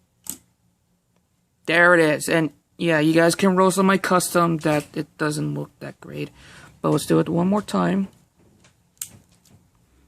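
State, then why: Seated. Someone talks while repeating the gimmick on a plastic Transformers Animated Voyager Class Atomic Lugnut transforming robot figure, a custom, pushing the moving part back into place. A sharp plastic snap at 9.0 s is the part clicking home, and it is seated.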